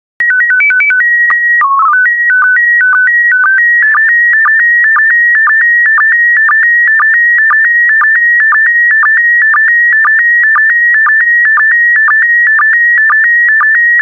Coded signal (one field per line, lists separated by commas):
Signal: SSTV (slow-scan television)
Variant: PD 120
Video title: 44011 Alaska SSTV PD120